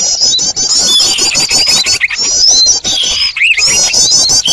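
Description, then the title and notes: Birds: shrill, crowded bird chatter of quick repeated squeaks, with a looping whistled phrase toward the end. Noisy bird chatter, used as a lure for trapping birds. "Burung Ribut Pikat"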